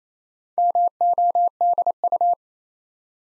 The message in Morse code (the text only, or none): MODU